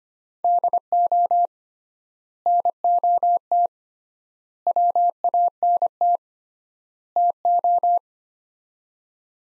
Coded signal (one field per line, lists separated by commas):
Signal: Morse code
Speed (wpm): 25 wpm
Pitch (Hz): 700 Hz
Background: none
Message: DO NOT WANT TO